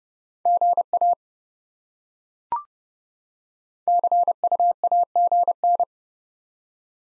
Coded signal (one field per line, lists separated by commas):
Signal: Morse code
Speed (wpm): 30 wpm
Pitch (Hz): 700 Hz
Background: none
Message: GA CUAGN